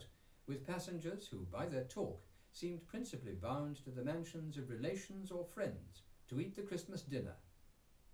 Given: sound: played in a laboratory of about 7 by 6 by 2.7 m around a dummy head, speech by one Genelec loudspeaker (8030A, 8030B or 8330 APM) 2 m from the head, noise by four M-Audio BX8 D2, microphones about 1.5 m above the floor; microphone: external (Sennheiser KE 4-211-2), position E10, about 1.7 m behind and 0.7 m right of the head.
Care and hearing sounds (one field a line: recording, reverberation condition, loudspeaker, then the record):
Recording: male speech in English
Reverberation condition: low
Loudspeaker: 30 degrees to the right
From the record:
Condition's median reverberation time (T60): about 310 ms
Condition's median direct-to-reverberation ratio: about 3.5 dB